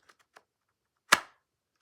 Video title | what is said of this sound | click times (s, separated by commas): JUST WOW! Lengren Chief 107 Knife (Super Amazing Design) #youtube #viralvideo #knifereview | Clicks right in there. | 1.1 s